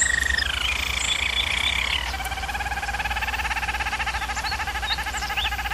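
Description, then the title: German Roller canary song: a steady held tone slides lower into a long, fast rolling trill with rich harmonics; a faint constant low hum underneath. German Roller canary singing; canary training recording for teaching canaries song. "German Roller Canary Singing - Canary Training Vid"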